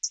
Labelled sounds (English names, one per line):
Hooded Warbler flight call